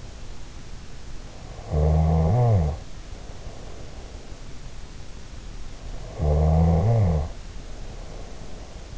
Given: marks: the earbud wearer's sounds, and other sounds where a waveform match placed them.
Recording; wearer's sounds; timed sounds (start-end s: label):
sounds in sleep by an in-ear microphone; snoring breath
1.68-4.56 s: snoring breath
6.01-8.98 s: snoring breath